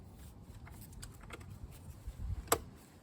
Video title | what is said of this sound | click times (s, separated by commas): BMW Idle Control Valve Cleaning M52TU/M54 | and you should put it on there and hear a click once it's fully on, which we did. | 2.5 s